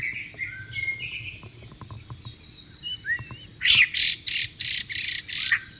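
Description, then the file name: White-rumped shama song: soft whistled notes at first, then a loud burst of rich, repeated high phrases near the end. Wild bird in its natural habitat. "suara burung murai batu di alam liar"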